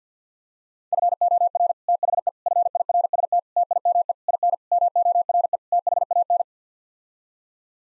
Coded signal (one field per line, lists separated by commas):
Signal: Morse code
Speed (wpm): 50 wpm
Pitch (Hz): 700 Hz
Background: none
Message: FOR THE FIRST TIME IN MORE THAN